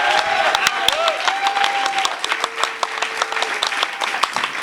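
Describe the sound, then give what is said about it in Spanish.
A crowd applauds steadily, many hands clapping in a dense, sustained patter at moderate loudness, with a few faint tonal whistles or murmurs mixed in; the audience at the Ya te conté event applauds its organizers. “Yo pido un aplauso para los organizadores de esto.”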